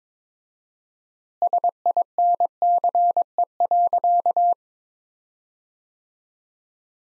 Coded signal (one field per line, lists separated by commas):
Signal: Morse code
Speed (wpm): 21 wpm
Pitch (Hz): 700 Hz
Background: none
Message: SINCE.